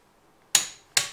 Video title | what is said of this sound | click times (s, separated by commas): Tire change Land Rover Discovery 3 - All terrain to Winter Studded tires | So I took this one, then I'm gonna cross tighten with this till it clicks. | 0.6 s